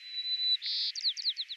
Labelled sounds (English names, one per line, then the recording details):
White-crowned Sparrow song
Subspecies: nuttalli
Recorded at Battery West, California, in 2013
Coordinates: 37.805, -122.476
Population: north
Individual presbwE_13